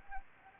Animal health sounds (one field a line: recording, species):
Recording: mosquito wingbeat signal from an infrared sensor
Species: Anopheles gambiae